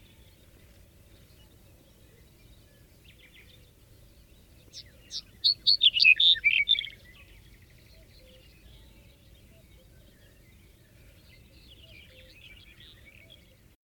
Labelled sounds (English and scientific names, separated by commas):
Black-headed Bunting (Emberiza melanocephala) song